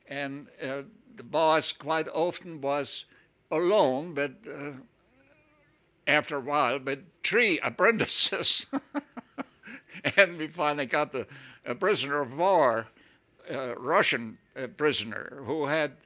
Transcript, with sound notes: And the boss, quite often was alone with, after a while, with three apprentices. (he laughs) And we finally got the prisoner of war, Russian prisoner, who had